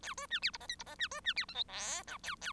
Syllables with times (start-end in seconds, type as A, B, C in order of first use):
0.02-0.14 A, 0.17-0.27 B, 0.30-0.39 C, 0.42-0.51 D, 0.53-0.57 E, 0.60-0.67 F, 0.68-0.75 G, 0.79-0.83 E, 0.86-0.95 F, 0.98-1.08 C, 1.11-1.21 B, 1.24-1.33 C, 1.36-1.45 D, 1.48-1.54 H, 1.54-1.63 I, 1.68-2.03 J, 2.07-2.18 K, 2.23-2.35 A, 2.41-2.52 A